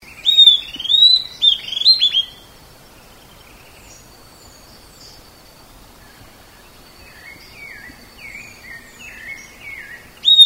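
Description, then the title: Southern antpipit with a loud run of sharp rising whistles at the start, then faint scattered chips and a final sharp note. "LuckyPassaro Completos2Sama. Southern Antpipit (Corythopis delalandi)"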